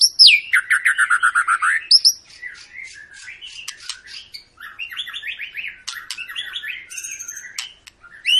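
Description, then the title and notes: White-rumped shama song: a fast run of repeated whistled notes falling in pitch, then a softer jumble of varied chirps and trills with a bright phrase at the end. Long lure song (pancingan), used to make birds sing. "Pancingan Murai Batu Gacor Panjang. muraiku"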